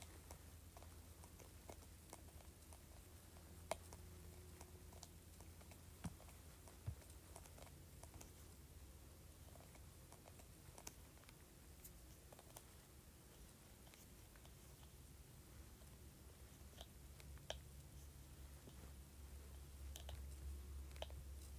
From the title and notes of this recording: ASMR Scratching Spray Bottle Lid.